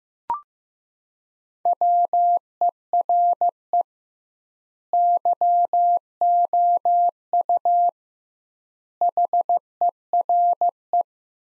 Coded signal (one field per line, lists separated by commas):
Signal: Morse code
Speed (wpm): 15 wpm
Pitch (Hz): 700 Hz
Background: none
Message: WERE YOU HERE